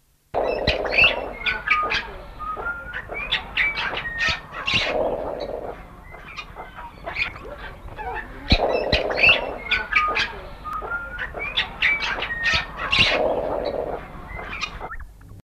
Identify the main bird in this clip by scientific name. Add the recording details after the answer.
Carpococcyx radiceus. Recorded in captivity. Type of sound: hiss. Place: Vogelpark Walsrode, Niedersachsen, DE. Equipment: Halbspur, 9,5 cm/s. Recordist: Lütgens, Hans. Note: Nur das Fauchen